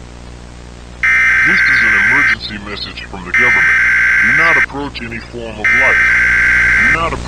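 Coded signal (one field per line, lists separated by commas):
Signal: Emergency Alert System (SAME) tones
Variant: header bursts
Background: speech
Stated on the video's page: Entirely fictional analog-horror EAS alert set in the backrooms.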